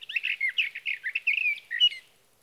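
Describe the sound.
Sage thrasher delivering a rapid, rambling warble of slurred whistles and burry notes for about two seconds.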